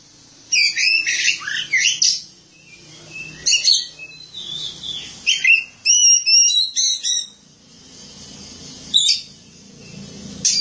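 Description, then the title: Oriental magpie-robin song in varied bursts: clear whistled slurs, scratchy notes and quick trills, broken by pauses of a second or two, over a low background hum. Song of the kacer. "Suara Kicauan Burung Kacer"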